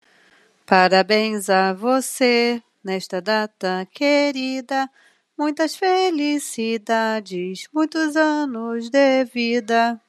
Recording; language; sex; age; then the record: short text; Brazilian Portuguese; female; 30 to 39 years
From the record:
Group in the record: control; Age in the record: 38 years